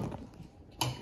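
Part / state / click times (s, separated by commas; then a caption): miner's lamp lock on a bench unlocking magnet / released / 0.8 s. A Protector miner's lamp lock is set on the post of a bench magnet, which pulls the steel lock part and releases it. After low rustling and a faint tick at 0.1 s, a sharp, bright metallic click sounds at 0.8 s. That click shows the lamp is unlocked.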